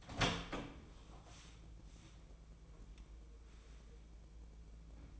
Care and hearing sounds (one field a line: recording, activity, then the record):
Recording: daily activity, microphone in the room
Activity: open door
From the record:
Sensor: 1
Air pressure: 1012.3 hPa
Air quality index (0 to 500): 166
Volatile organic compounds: 3 ppm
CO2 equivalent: 1363 ppm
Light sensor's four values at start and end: 596/1396/618/745 and 591/1383/612/739